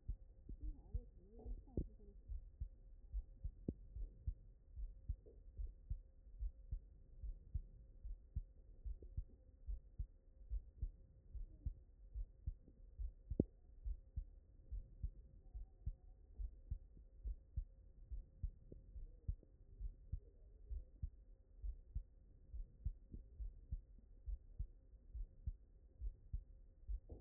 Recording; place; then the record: heart sounds by stethoscope; mitral valve (MV)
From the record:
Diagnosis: non-HFrEF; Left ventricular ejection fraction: 66%